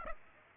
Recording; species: mosquito wingbeat signal from an infrared sensor; Aedes aegypti